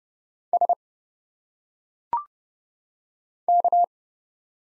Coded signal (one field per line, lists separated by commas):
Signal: Morse code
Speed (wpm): 29 wpm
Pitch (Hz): 700 Hz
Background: none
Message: S K